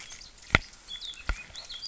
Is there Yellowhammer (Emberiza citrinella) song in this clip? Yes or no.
no